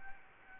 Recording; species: mosquito wingbeat signal from an infrared sensor; Aedes albopictus